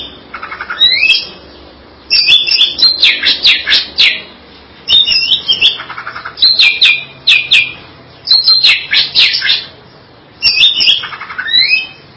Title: Cucak ijo